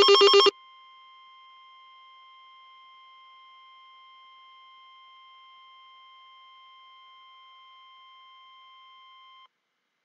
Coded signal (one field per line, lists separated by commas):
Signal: Emergency Alert System (SAME) tones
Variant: 1050 Hz attention tone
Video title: 2x EAS Required Weekly Test NOAA Weather Radio KEC65 Minneapolis, Minnesota